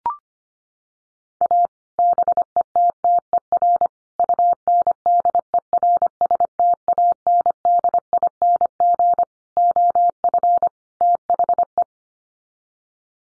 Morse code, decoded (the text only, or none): A BETTER UNDERSTANDING OF THE